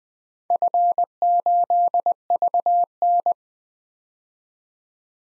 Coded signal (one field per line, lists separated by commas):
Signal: Morse code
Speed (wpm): 20 wpm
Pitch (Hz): 700 Hz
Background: none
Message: F8VN